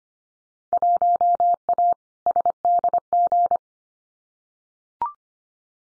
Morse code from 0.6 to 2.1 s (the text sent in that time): 1A